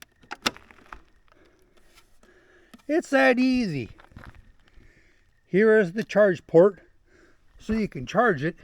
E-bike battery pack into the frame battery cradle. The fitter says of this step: And here it snap right in.